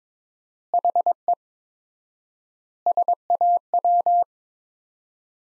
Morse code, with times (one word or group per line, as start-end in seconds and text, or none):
0.7-1.3 HE
2.9-4.2 SAW